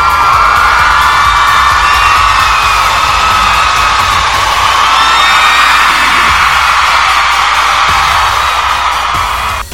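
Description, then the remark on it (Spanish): A loud, sustained crowd cheering and applauding, a dense wash of shouts and whoops that holds steady for the full stretch without pause. “saludos a Colombia, una fuerte ovación para Colombia, por supuesto.”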